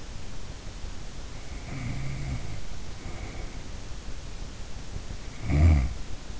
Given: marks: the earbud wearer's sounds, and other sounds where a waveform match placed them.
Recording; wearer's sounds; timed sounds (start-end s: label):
sounds in sleep by an in-ear microphone; snoring breath
1.42-3.95 s: snoring breath
5.46-6.05 s: snoring breath